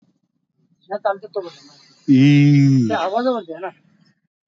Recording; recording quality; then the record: sustained vowel as in beet; excellent, no background noise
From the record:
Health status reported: healthy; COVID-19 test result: negative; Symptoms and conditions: none ticked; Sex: male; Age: 45 years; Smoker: not ticked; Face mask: worn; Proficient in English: yes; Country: India